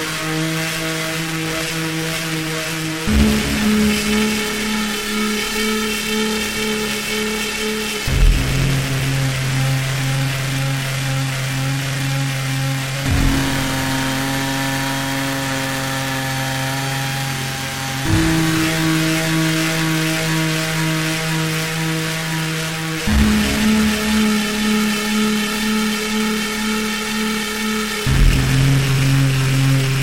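A loud, buzzing drone holds steady tones that jump to a new pitch about every five seconds, with a sharp edge at each change.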